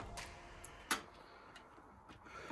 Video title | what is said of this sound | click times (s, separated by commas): $850 Pc Build | Once it's all the way clicked in, you grab your motherboard. | 0.9 s